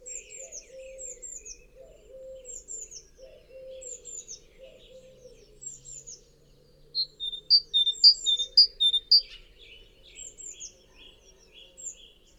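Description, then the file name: Great tit with soft high downslurred notes, then five loud two-note ringing phrases in quick, even succession, a low wavering hum beneath. "Parus major"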